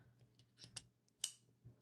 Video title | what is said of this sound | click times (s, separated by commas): alittleoldfashion is live! Come hang out , have a drink and Subscribe to the channel | and it snaps in place. | 0.8 s, 1.2 s